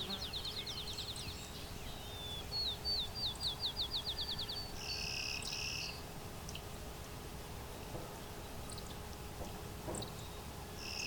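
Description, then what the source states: Clay-colored Sparrow song: a few short flat buzzes, with other birds calling and a steady low hum behind. Late June morning along a hydro corridor near Westover, Ontario, in open thicket of field and shrubs; western bird spreading east, new to region; close field sparrow relative, rarely cross-breeding.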